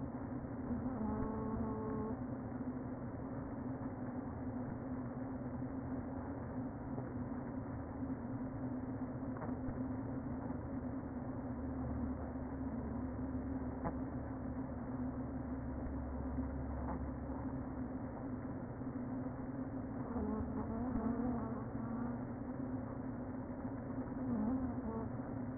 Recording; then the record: honeybee colony, microphone inside the hive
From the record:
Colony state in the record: queen present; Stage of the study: before two queens were removed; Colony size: about 60,000 bees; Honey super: yes